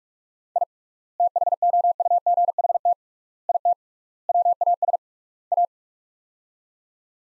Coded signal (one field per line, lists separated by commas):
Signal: Morse code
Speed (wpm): 46 wpm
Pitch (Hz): 700 Hz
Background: none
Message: I THOUGHT IT WAS A